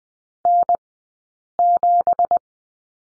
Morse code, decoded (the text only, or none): N7